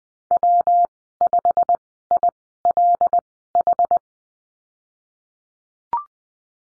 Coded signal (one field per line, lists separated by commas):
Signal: Morse code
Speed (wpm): 20 wpm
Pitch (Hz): 700 Hz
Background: none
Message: W5ILH